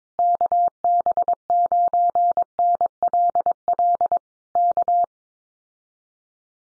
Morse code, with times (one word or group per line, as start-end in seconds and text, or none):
0.2-4.2 KB9NLL
4.6-5.0 K